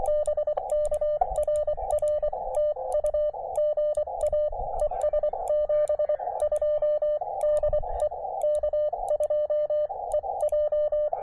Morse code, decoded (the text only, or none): BK RR TU GA ES 72 DE K2 EJ